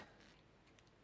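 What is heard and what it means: A T8 screw is turned backwards in the plastic screw boss of a Dyson DC30 vacuum cleaner housing, feeling for its original thread so a new one is not cut into the plastic and worn out. Faint, quiet ticks are heard, with a small one at 0.8 s, before a sudden loud burst at the very end as the clip cuts off. Nothing has dropped into the thread or clicked yet.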